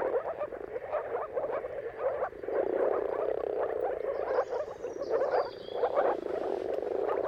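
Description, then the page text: Moor frog chorus of rapid, hollow bubbling croaks, continuous and dense, while a bird gives a short high whistled phrase partway through. Mating chorus of moor frogs at sunrise, at the turn of March and April depending on the weather. "Jakub-Orzecki moor frogs. Dawn’s Chorus: Mating Calls of Marsh Frogs at Sunrise. Depending on the weather at the turn of March and April, you can witness an amazing spectacle of moor frogs"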